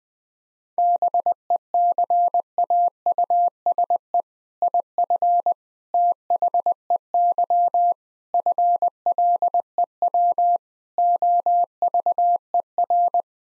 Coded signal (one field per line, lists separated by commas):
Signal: Morse code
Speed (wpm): 21 wpm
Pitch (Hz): 700 Hz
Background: none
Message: BECAUSE IF THEY FLEW OVER